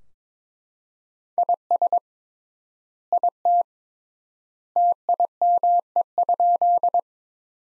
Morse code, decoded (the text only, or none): IS IT TIME?